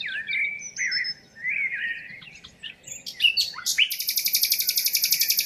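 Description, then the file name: Common nightingale singing sliding whistled notes and short chirps, then a loud fast pulsing trill repeated many times per second to the end. "Luscinia megarhynchos"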